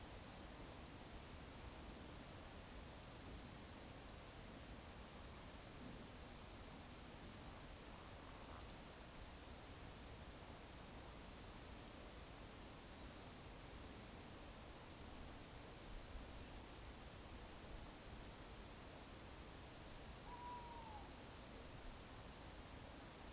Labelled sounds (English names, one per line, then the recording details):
Eurasian Woodcock
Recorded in Baden-Württemberg, Germany, on 19 May 2021 at 19:42 UTC
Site 45967, 814 m above sea level